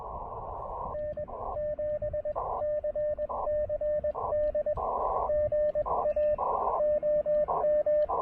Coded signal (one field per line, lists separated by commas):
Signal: Morse code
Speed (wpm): 21 wpm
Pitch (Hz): 600 Hz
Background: radio noise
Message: N7CCD GA OM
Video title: QRP POTA: Paring the Elecraft KX2 and PackTenna Random Wire at Holmes Educational State Forest!